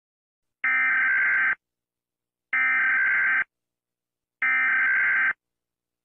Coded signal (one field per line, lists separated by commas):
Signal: Emergency Alert System (SAME) tones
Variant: header bursts